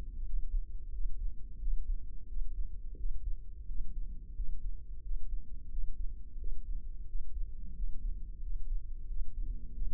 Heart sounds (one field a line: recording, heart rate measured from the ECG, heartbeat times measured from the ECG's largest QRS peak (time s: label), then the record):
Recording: heart sounds by microphone in the left ear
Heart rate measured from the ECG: 89 bpm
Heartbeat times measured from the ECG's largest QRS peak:
0.26 s: heartbeat
0.93 s: heartbeat
1.61 s: heartbeat
2.29 s: heartbeat
2.98 s: heartbeat
3.68 s: heartbeat
4.37 s: heartbeat
5.04 s: heartbeat
5.71 s: heartbeat
6.40 s: heartbeat
7.08 s: heartbeat
7.77 s: heartbeat
8.43 s: heartbeat
9.09 s: heartbeat
9.75 s: heartbeat
From the record:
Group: healthy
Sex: male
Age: 21 years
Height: 175 cm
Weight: 72.6 kg